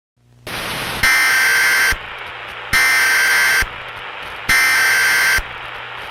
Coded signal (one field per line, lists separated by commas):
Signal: Emergency Alert System (SAME) tones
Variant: header bursts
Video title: Purge - EAS Scenario (MOCK)